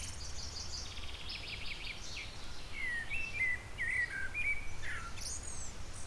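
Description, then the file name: Eurasian blackbird singing a short fluted, warbling phrase midway, while high twittering fills the first half. "Turdus merula"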